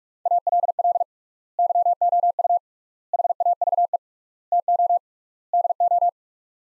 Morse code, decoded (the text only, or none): ALL YOU HAVE TO DO